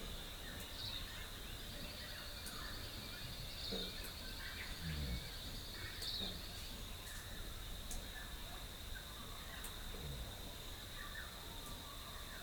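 A rural dawn chorus in Rathdowney, Queensland: a steady, shrill high whine runs unbroken beneath scattered bird chirps and calls, with a few louder fowl-like calls around the middle. A low, even rumble fills the background throughout.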